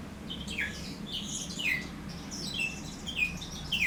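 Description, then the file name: Bourke's parrot twittering song, downslurred chirps stacked with higher twitters, repeated at short intervals, over a low background hum. "poet travyanoi rozovobryuxii popugai"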